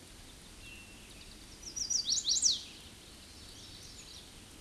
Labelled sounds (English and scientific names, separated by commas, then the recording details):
Chestnut-sided Warbler (Setophaga pensylvanica) song
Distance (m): 20 m
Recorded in a Pennsylvania forest on 18 May 2023 at 06:55
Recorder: AudioMoth, point grid1_33_low
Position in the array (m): 69 m, 134 m